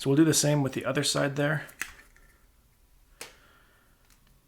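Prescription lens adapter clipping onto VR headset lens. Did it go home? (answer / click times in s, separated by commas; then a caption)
yes / 3.2 s. Someone talks, then a sharp snap at 3.2 s as the second plastic HonsVR prescription lens adapter ring clips onto the other eye's lens of a Meta Quest 3S VR headset. The adapter seats.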